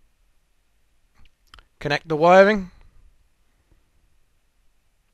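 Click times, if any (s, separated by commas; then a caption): 1.5 s, 1.6 s. A new plastic carbon brush holder is slotted into the motor housing of a Hotpoint washing machine and pushed in, with the brush guided in by the other hand. Faint clicks come just before it seats with a click at 1.5 and 1.6 seconds. Someone then talks briefly.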